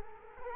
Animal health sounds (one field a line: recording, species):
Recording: mosquito wingbeat signal from an infrared sensor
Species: Culex quinquefasciatus